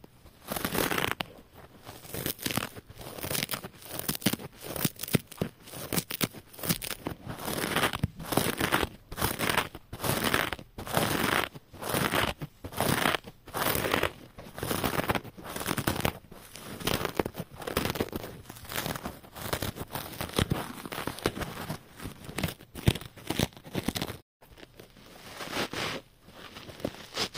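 Scrub sponges rub and scratch in quick, uneven strokes, each a bright, rough rasp that repeats several times a second with brief gaps between. The scraping stays dense for nearly half a minute, with a short silence around twenty-four seconds.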